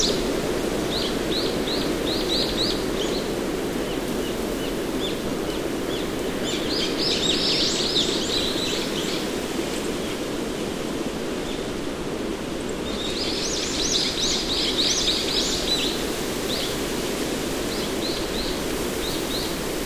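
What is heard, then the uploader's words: Wind rushes steadily through bamboo leaves in a dense, constant hiss, while small birds chirp in quick bright bursts near the start, middle and later. WINDY GARDEN • Wind Rushing Through Bamboo Leaves.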